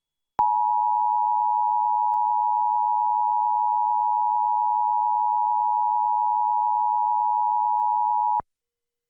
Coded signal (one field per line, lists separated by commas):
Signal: Emergency Alert System (SAME) tones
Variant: 853 and 960 Hz attention tone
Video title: EAS #1046-1047: 2 EAS Required Monthly Tests- Jan. 10, 2025- 2:20PM PST